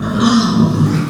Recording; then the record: squeal of a Yucatan mini pig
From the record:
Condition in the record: after surgery on the right vocal fold (resection and tissue-engineered implant); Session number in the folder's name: 12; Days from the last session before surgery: 105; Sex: female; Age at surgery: 19 weeks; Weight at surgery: 25 kg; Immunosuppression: prednisolone